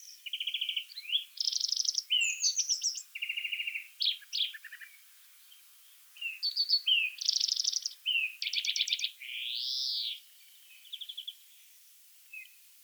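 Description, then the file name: European greenfinch singing a varied twittering series of fast trills and chirps, with a long buzzy, arched wheeze near the end, then a short trill. "Chloris chloris"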